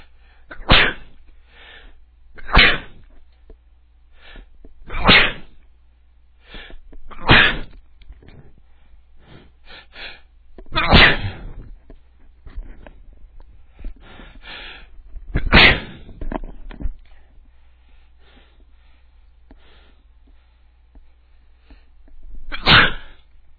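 Seven sharp, explosive, difficult sneeze-like bursts from an adult male, with strained breath intakes between them, sounding effortful.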